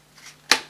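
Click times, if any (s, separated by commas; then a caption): 0.5 s. The plastic extension tube of a Vax Air Revolve Pet bagless vacuum cleaner is pushed onto the hose handle, with a faint sliding rub around 0.2–0.3 s. One sharp, loud click sounds at 0.5 s as the tube seats into the handle.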